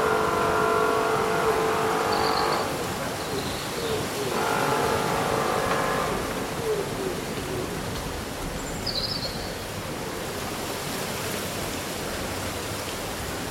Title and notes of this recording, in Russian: Прохладный летний день: Шелест листвы и пение птиц. Симфония шелеста листьев и мелодии местных птиц